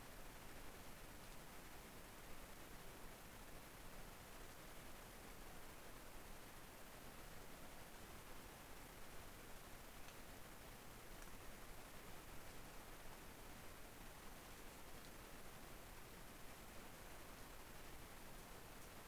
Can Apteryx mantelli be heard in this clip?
no